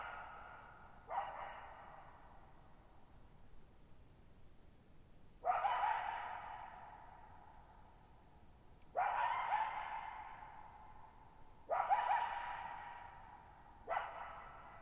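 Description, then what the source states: Coyote giving a series of harsh barks spaced a few seconds apart, every bark echoing long afterward, with a faint high steady tone and otherwise quiet surroundings. Lone coyote at night, July 14, 2019, at Thirtymile Meadows, Okanogan National Forest, Okanogan High Country, Pacific Northwest, 6400 ft, on a dry plateau meadow bowl with boggy ground burbling.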